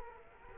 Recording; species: mosquito wingbeat signal from an infrared sensor; Culex quinquefasciatus